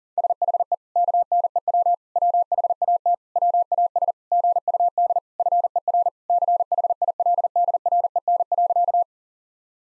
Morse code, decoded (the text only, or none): SHE KNEW WHAT WAS GUD FER CHILDREN.